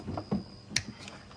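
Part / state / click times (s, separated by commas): harness connector lock into connector / seated / 0.8 s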